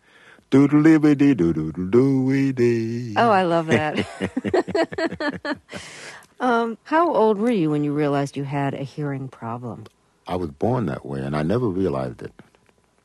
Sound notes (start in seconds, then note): 3.0 soundbite of scat singing; 3.7 soundbite of laughter